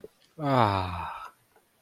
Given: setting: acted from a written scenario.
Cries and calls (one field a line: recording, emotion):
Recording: vocal sound without words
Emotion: contentment